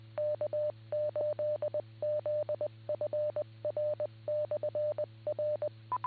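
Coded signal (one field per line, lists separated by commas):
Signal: Morse code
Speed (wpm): 20 wpm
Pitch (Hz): 600 Hz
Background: none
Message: K8ZFR/R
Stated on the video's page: Weekly club net on 2m/440 repeaters 147.27 and 444.85 MHz, received on a Flex 6700 with preamp and Mosley base antenna.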